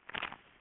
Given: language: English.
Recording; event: throat vibration sensor signal played as sound; swallow